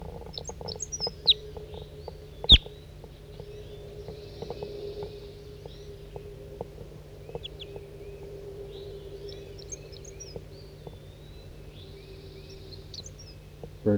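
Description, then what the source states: Red Crossbill calls: scattered high, sharp chip notes throughout, some in small clusters, with a single loud knock and a steady low hum. Captive decoy bird calling around 7:30 a.m. on June 9, 1983, down low in Poverty Hollow, in forest.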